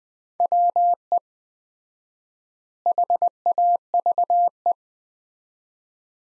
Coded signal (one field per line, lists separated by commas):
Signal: Morse code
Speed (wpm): 20 wpm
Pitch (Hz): 700 Hz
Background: none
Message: WE HAVE